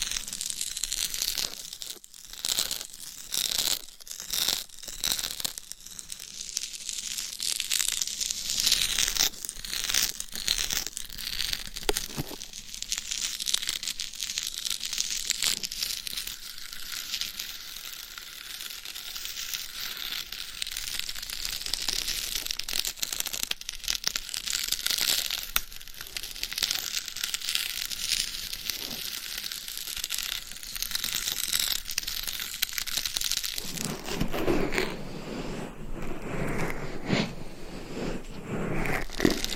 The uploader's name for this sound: Binaural Dummy Head Mic Scratching , Massage & Tapping